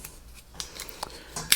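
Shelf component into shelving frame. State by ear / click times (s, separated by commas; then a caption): not seated / none. A shelf part is pushed into the frame of metal storage shelving during assembly, making a series of short knocks and scrapes with the loudest knock near the end at about 1.5 s. The part does not lock into place properly, and nothing has clicked or seated yet.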